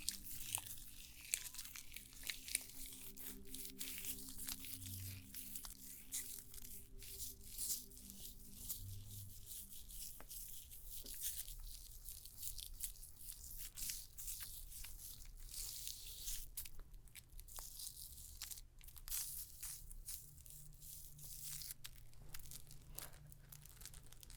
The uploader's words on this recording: ASMR The BEST Stone SPA Treatment Spa Therapist Pampering You (Layered sounds & No Talking).